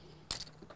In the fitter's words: There we go. Heard the click.